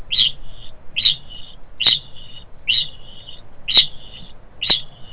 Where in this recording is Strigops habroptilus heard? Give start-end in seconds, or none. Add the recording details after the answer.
0.00-5.12. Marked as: faintness 3/5, faintness 2/5. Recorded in New Zealand. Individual Stumpy